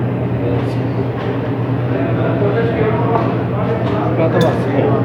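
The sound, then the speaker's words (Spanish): A few sharp, bright clinks of plates ring out as food is served onto a very full plate at a shelter, over a steady low hum and murmuring background voices, with one clink early on and another near the end. “Porque como está muy lleno, no lo puedo pasar a otro plato.”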